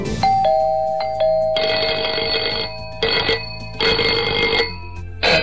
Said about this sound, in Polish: To już ostatni dzwonek. To już ostatni dzwonek.